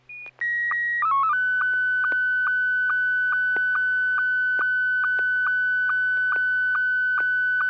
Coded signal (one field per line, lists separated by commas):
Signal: SSTV (slow-scan television)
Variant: Scottie 1